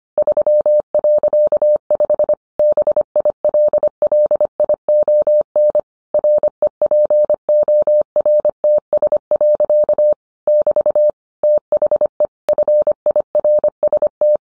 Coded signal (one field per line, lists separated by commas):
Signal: Morse code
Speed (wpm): 25 wpm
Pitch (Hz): 600 Hz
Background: none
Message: 3.5 BILLION REPORTS. <BT> THE FIRST